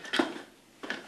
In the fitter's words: And there you go, there you have your travel system. It's very secure because it's locked into those car seat adapters,